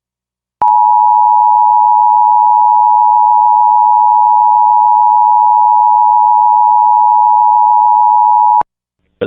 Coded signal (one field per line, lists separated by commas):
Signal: Emergency Alert System (SAME) tones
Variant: 853 and 960 Hz attention tone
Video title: EAS #725: EAS Required Monthly Test- Dec. 7, 2022- 8:50PM PST